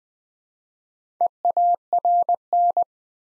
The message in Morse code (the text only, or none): EARN